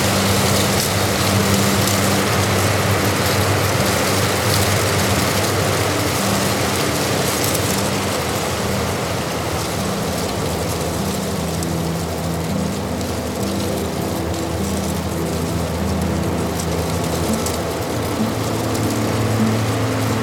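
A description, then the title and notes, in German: Wind and weather on the Hochgern make a steady, dense rush that never lets up for the whole stretch. A low droning hum with slowly shifting pitch runs underneath, and a bright hiss with faint crackles sits on top, evenly loud throughout. Natur - Hochgern im Chiemgau. Aufnahme vom Hochgern bei Wind und Wetter.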